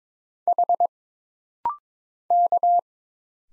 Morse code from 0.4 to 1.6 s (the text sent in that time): H